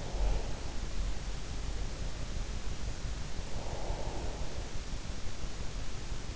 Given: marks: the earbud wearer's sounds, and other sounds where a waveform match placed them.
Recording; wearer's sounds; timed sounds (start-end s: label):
sounds in sleep by an in-ear microphone; breath
0.00-1.64 s: breath
3.50-5.54 s: breath